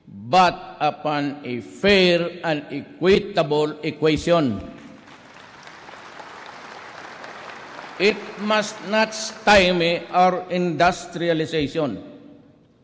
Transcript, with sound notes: but upon a fair and equitable equation. [applause] It must not stymie our industrialization.